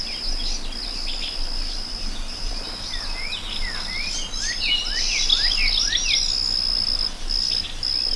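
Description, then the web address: Crickets trill in a steady high buzz broken into long bursts, while birds add quick rising and falling chirps over a soft low rumble. Meadow ambience with birds and crickets. "Dr Sound Effects. A Meadow With Birds and Crickets"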